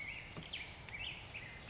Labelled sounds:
Black-headed Grosbeak (Pheucticus melanocephalus)
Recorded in Sonoma County, California

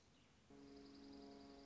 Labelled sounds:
Dark-eyed Junco (Junco hyemalis)
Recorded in Sonoma County, California

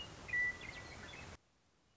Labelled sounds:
Western Meadowlark (Sturnella neglecta)
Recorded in Sonoma County, California

